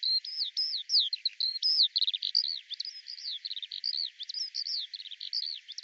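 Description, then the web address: Eurasian skylark song mixing clear arched whistles with fast stuttering trills, rapid and continuous, a little louder in the first seconds. "Deverinetal 2025 Bird Al Ar"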